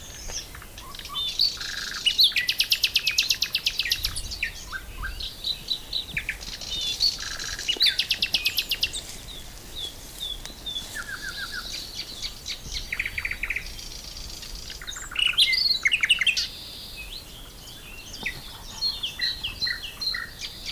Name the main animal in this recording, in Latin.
Luscinia luscinia